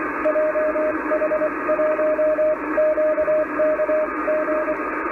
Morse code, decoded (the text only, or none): JH1QKG